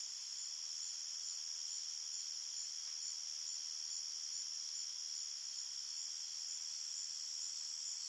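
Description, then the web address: Crickets chirring in a constant high, hissy trill, a uniform chorus of many insects without pauses. Crickets at night in an open field, at medium-far distance. "Big Room Sound Crickets"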